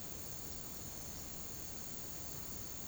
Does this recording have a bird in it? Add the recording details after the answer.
no. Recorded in pastures near Puerto Asís, Putumayo, Colombia, on 13 March 2025 at 17:00. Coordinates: 0.486, -76.323. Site G075